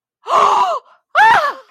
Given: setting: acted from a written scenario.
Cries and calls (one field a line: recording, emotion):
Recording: vocal sound without words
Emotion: elation